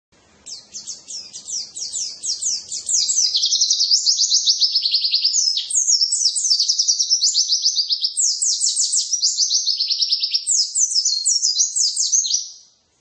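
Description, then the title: White-eye song: a long, unbroken run of very rapid, high-pitched warbling notes, each note a quick slur, sustained for about twelve seconds. "pleci"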